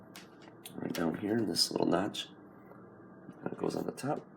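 A plastic top cover is handled over a refrigerator icemaker housing, with its wires tucked into a small notch. Someone talks, and a few short, light taps and handling sounds are heard at about 0.2, 0.7, 0.9 and 3.5 seconds. Nothing has seated or clicked yet.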